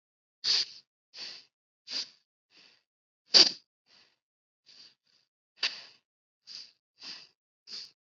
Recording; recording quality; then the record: shallow breathing; excellent, no background noise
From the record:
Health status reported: COVID-19 positive, mild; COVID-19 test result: positive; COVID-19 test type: RT-PCR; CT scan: not taken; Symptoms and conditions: cold, sore throat, fever, fatigue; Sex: female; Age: 51 years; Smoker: no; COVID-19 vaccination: both doses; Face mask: not worn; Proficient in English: yes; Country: India